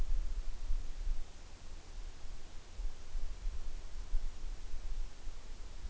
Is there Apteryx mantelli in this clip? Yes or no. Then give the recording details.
no. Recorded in New Zealand on 6 June 2014. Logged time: 02:19